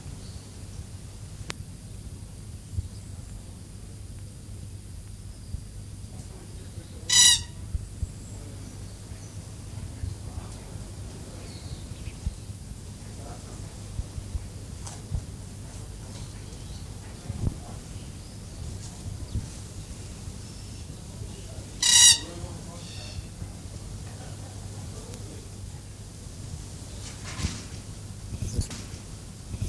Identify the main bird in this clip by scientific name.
Calyptorhynchus banksii